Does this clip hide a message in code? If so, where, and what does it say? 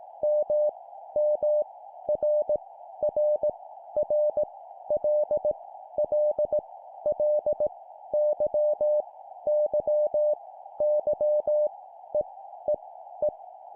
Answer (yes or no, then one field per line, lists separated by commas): yes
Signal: Morse code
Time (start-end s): 0.2-13.3 s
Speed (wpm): 18 wpm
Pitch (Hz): 600 Hz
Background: none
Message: M M R R R L L L Y Y Y E E E